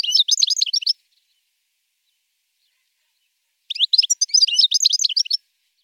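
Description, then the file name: European goldfinch song: two bursts of rapid, tinkling, twittering notes high in pitch, separated by a few seconds of silence. "chardonneret"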